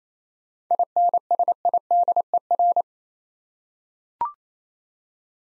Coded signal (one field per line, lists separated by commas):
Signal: Morse code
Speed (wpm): 28 wpm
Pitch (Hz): 700 Hz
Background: none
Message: INSIDER